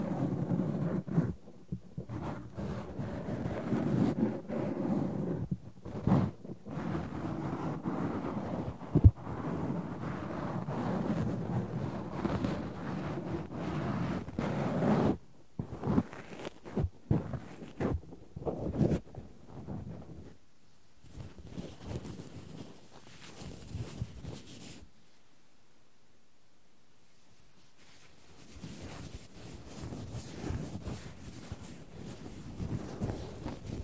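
Cotton and tweezers being worked against the microphone, with dense, soft rustling and rubbing for the first fifteen seconds, broken by short pauses. After that the scraping comes in separate bursts, then stops for a few seconds of near silence before a lighter, airy brushing returns.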